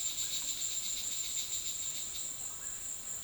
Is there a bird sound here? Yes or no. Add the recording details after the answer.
no. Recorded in dense forest near Puerto Asís, Putumayo, Colombia, on 19 February 2024 at 16:00. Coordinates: 0.502, -76.324. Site G6370